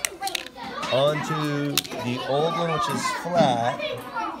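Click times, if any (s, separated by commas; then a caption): none. A new blue plastic toy car track piece is pushed onto an old track piece with an orange connector, making a few short plastic knocks near the start while someone talks through the clip. The piece slides in but does not lock into place, and nothing has seated or clicked yet.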